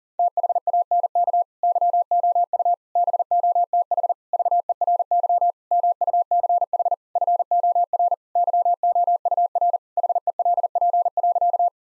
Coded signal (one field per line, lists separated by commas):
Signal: Morse code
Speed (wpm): 40 wpm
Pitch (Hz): 700 Hz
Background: none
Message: THANK YOU BOTH VERY MUCH FOR YOUR HELP.